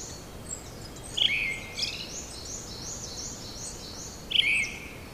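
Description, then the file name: Brown-headed thrush song: two short, clear whistled phrases about three seconds apart, over a steady high hiss. "akahara"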